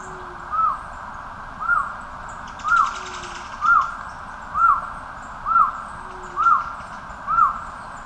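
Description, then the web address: Masked trogon giving a steady run of eight arched, mellow cow notes, about one per second, over a constant hiss with an occasional low hum. Recorded in Ecuador. "Birds of Ecuador. Masked Trogon"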